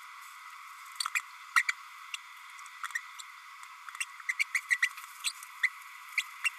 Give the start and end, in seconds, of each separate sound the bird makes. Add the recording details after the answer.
1.15-1.20, 1.55-1.62, 1.68-1.72, 2.83-2.87, 2.95-2.99, 4.00-4.04, 4.28-4.32, 4.39-4.43, 4.54-4.60, 4.70-4.78, 5.24-5.32, 5.63-5.69, 6.17-6.23, 6.44-6.49. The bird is a male. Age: 30 days. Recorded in a nest box in Venezuela. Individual 17B32A6